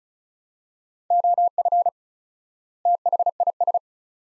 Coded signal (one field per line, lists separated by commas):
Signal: Morse code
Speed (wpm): 36 wpm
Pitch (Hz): 700 Hz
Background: none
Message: OF THIS